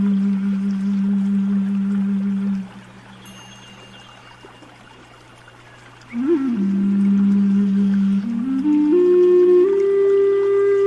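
Calm zen music built from a steady low held tone that fades out after about two and a half seconds, leaving a quiet gap. Near six seconds the tone returns with a brief wobble, then climbs in slow steps toward the end over a faint low hum.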